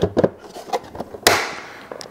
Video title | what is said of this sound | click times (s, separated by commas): Review of the Amylior Alltrack R3 Hybrid! (LONG VIDEO!) | and snaps back in place you can see it's nice and solid | 1.3 s